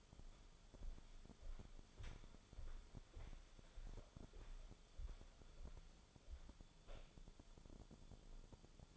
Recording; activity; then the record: daily activity, microphone in the room; walk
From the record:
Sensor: 5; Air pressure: 1015.5 hPa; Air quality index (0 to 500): 175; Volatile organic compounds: 6 ppm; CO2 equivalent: 1905 ppm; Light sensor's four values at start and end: 39/88/36/35 and 39/88/36/35